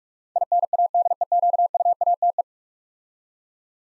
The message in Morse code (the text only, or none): INADEQUATE